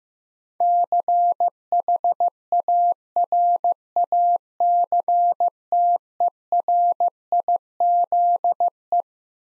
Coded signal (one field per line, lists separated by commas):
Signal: Morse code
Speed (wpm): 15 wpm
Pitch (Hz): 700 Hz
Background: none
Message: CHARACTERIZE